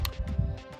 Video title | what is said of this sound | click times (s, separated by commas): Full Varsity Football Livestream Tutorial | push the card in like that until it clicks | 0.1 s